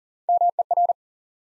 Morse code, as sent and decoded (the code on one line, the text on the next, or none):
-- . .-.
MER